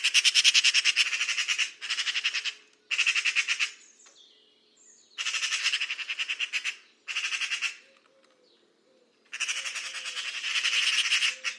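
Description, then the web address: Bird uttering repeated rasping, rattled bursts, six runs of rapid pulses of varying length separated by short pauses, loud and dominant over a faint background. "Deverinetal 2025 File origin Bird Only"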